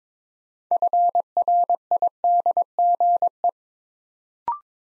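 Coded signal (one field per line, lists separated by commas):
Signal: Morse code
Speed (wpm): 23 wpm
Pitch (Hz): 700 Hz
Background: none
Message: FRIDGE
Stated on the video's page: Build-a-word practice drill at 22 wpm, copying 6-letter words three letters at a time to build instant character recognition.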